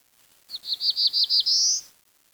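Bird call: a high whistled series of five short notes, the series rising slightly, that runs into one longer, drawn-out note at the end.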